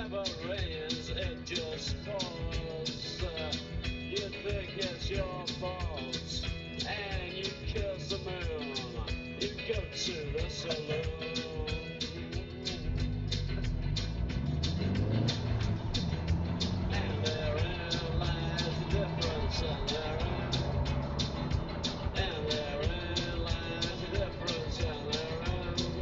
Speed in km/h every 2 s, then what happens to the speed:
0, 0, 0, 0, 0, 0, 8, 37, 48, 55, 61, 60, 58.
0-11 standing. 11-19 pulls away to 61. 19-26 steady at about 60.